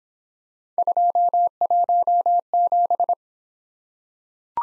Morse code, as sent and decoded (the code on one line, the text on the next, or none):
..--- .---- --...
217